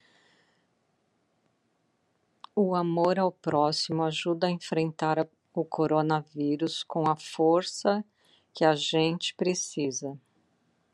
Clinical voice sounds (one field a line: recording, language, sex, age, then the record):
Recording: spoken sentence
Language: Brazilian Portuguese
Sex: female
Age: 60 to 69 years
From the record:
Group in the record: control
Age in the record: 62 years